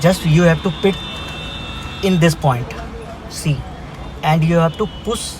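A clock spring (contact coil) for a Maruti Suzuki car such as a Swift or Dzire, with its blue lock already removed, is lined up at its point on the steering column hub and handled while someone talks. The clip ends just before the part is pushed home, so nothing has seated or clicked yet.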